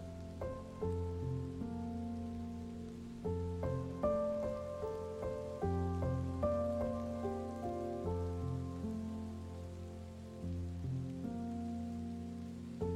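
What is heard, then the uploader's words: Rain hisses steadily beneath slow, gentle music with a sustained low bass tone and soft melodic notes changing every second or two. STORM, RAIN and MUSIC. Thunder and rain with sleep music.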